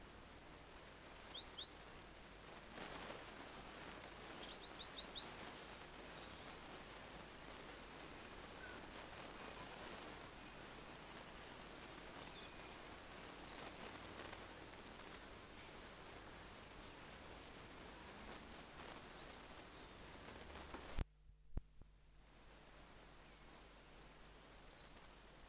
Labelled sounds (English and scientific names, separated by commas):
Great Tit (Parus major) song